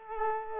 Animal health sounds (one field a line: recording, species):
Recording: mosquito wingbeat signal from an infrared sensor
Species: Culex quinquefasciatus